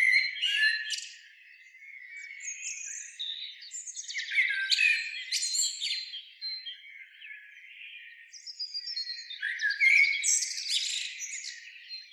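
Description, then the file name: Eurasian blackbird calls, varied scratchy and squeaky phrases in uneven bursts with brief lulls, ending in a loud, busy run of high notes. "Turdus merula"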